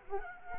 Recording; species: mosquito wingbeat signal from an infrared sensor; Culex quinquefasciatus